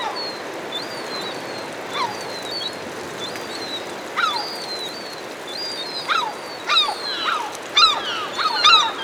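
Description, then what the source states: Herring gulls giving thin high mewing notes at first, then louder harsh barking cries in quick bursts toward the end, with hiss underneath. Herring gulls hovering overhead.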